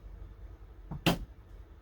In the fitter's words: You probably just heard that snap.